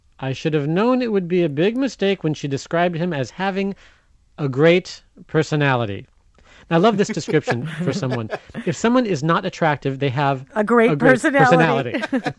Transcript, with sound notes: I should have known it would be a mistake when she described him as having a "great personality."' (Laughter) I love this description for someone. If someone is not attractive, they have a --"
"Great personality!"